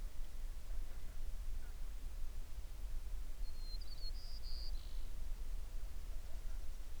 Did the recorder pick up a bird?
yes